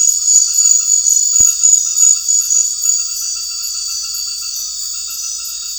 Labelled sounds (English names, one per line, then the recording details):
none
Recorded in secondary vegetation near Puerto Asís, Putumayo, Colombia, on 9 March 2025 at 21:30
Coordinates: 0.499, -76.323
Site G094